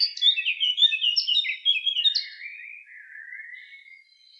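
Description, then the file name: Eurasian blackcap song, a fast jumble of bright chirps and warbled notes sliding into a softer, lower scratchy trill that fades away. "Sylvia atricapilla"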